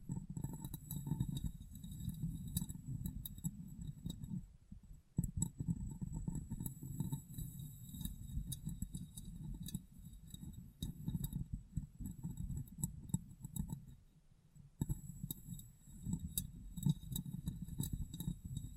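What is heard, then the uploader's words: Steady tapping and soft rubbing on glass with a low thudding body, faint clinks, and brief pauses near five and fifteen seconds. ASMR Glass Brain Tapping & Cleaning (No Talking).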